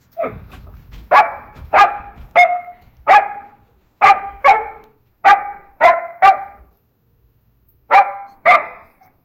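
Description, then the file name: Dog barking: about a dozen loud, sharp barks in short groups, with pauses between the groups. "the barking of a dog"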